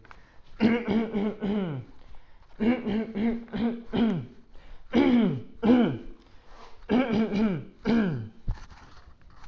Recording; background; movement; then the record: throat clearing; quiet; walking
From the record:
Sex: male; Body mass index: 20.6 kg/m2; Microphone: on the chest, facing outward